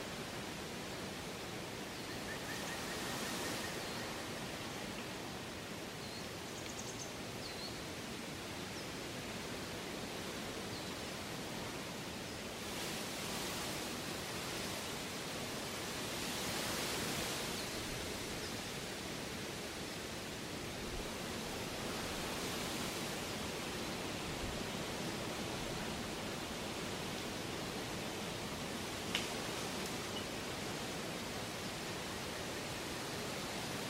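Autumn wind rushes steadily through rustling leaves, a dense, unbroken hiss that fills the whole clip. Brighter gusts swell around 3, 13 to 18, and 22 seconds, and a single small tick sounds near 29 seconds.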